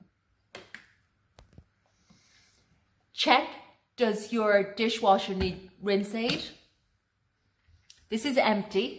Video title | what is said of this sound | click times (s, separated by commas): Filling the Dishwasher for special needs children & adults | the dishwasher top container close the lid until you hear the click | 0.5 s, 0.7 s